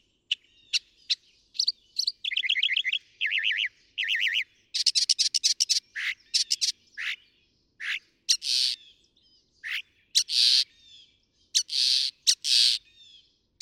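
Northern mockingbird song: varied phrases, sharp clicks, rattling trills and harsh buzzy bursts changing every second or two.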